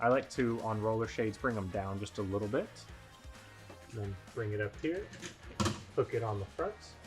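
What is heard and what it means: Someone talks while handling a roller shade, bringing it down a little, then lifting the headrail and hooking it onto the front of the mounting brackets. Nothing has seated or clicked yet; the headrail is not yet snapped into the brackets.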